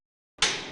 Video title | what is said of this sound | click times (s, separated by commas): GET K Series Snap To Lock Hammerless Retainer Clip Installation | and you can hear the retainer snap into place | 0.4 s